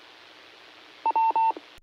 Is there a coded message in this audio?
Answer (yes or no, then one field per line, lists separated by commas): no